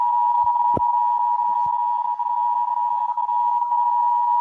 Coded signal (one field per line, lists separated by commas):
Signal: Emergency Alert System (SAME) tones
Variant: 853 and 960 Hz attention tone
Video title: 3 emergency alert system in 8:16 seconds.